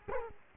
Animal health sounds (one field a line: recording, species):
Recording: mosquito wingbeat signal from an infrared sensor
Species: Culex quinquefasciatus